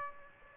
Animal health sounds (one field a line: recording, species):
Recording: mosquito wingbeat signal from an infrared sensor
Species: Aedes aegypti